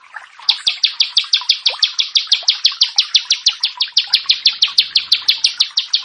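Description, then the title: Bar-winged prinia song starting after a brief pause: a rapid, evenly spaced series of piercing high chips. "Ciblek Sawah 1"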